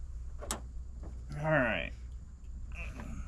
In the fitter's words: we heard the snap